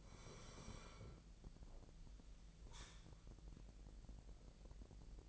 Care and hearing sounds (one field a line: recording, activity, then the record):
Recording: daily activity, microphone in the room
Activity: sit down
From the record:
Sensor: 5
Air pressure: 1001.7 hPa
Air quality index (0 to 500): 245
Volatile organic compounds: 29 ppm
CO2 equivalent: 2940 ppm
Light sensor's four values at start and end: 53/124/52/56 and 50/118/49/52